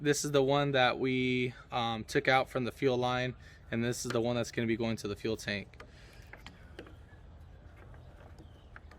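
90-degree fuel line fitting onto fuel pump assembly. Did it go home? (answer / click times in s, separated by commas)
no / none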